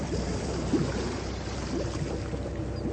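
The submersible Deep Quest is lifted by a groaning ship's winch, after the engine is started, and lowered half into the sea: a steady low mechanical rumble with churning, splashing water throughout, a few faint creaks rising briefly above the continuous wash. No one speaks.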